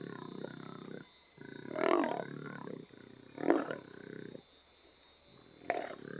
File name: Jaguar